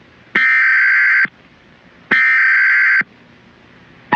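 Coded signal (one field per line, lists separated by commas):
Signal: Emergency Alert System (SAME) tones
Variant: header bursts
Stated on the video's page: Fictional EAS simulation of a nationwide blackout, using altered rather than actual header tones to avoid triggering receivers.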